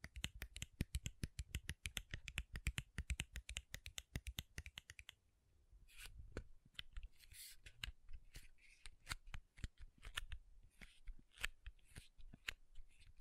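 Makeup tapping and scratching: fast, dense taps with sharp clicks fill the first five seconds, then a brief pause. After six seconds the taps thin out and turn irregular, mixed with soft, hissy scratching bursts until the end.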